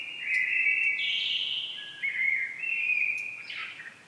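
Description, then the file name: Common blackbird singing one continuous flowing phrase of fluty notes shifting in pitch, closing with a high twitter. "Turdus merula"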